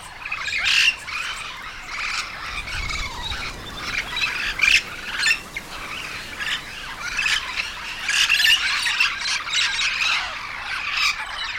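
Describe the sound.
Yellow-shouldered parrot squawking: coarse, screechy calls tumble over one another in uneven bursts, with occasional sharper shrieks standing out from a continuous chattering din.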